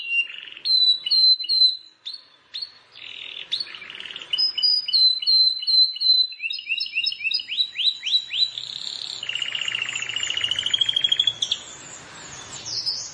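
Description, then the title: Plain prinia singing a fast, varied string of chirps and short whistles, then a long buzzy trill before a final squeaky note. "Ciblek Sawah"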